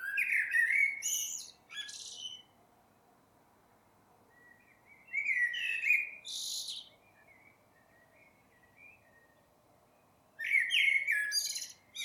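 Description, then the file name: Common blackbird song in three phrases, spaced roughly every five seconds, each mixing rich fluted notes with squeaky, high chattering flourishes. "Turdus merula"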